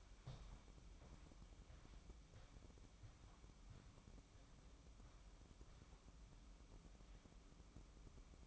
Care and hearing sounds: daily activity, microphone in the room; walk to room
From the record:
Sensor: 1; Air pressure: 1008.2 hPa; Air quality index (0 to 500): 138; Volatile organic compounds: 2 ppm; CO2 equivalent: 1159 ppm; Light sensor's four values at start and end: 10/23/9/10 and 9/22/9/10

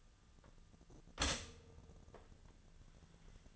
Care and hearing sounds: daily activity, microphone in the room; stop toaster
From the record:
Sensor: 4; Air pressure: 1010.1 hPa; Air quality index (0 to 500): 179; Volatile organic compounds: 5 ppm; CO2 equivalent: 1808 ppm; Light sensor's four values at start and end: 23/70/27/27 and 23/69/27/27

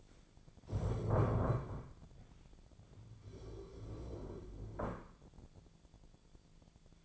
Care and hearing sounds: daily activity, microphone in the room; stand up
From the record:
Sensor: 5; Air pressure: 1008.2 hPa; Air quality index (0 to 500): 153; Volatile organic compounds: 3 ppm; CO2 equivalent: 1476 ppm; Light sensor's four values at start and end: 59/166/64/64 and 58/165/64/64

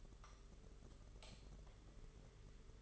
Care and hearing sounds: daily activity, microphone in the room; light off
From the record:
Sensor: 4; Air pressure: 991.8 hPa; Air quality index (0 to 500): 98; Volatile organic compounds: 11 ppm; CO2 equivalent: 2294 ppm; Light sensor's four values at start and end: 9/25/9/11 and 7/16/6/6

